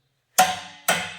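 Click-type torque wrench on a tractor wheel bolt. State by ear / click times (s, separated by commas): torque reached / 0.4 s, 0.9 s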